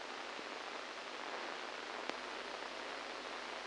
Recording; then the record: brain microelectrode recording played as sound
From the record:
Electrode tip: inside the subthalamic nucleus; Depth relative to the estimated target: -1 mm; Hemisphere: right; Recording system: NeuroSet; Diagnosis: Parkinson's disease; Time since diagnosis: 7 years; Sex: male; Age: 69 years